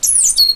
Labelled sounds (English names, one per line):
Stitchbird song